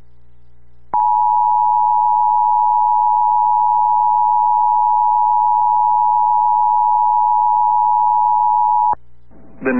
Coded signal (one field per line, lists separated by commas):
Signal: Emergency Alert System (SAME) tones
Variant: 853 and 960 Hz attention tone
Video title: EAS Tornado Warning including Downtown Pella Iowa NOAA Weather Radio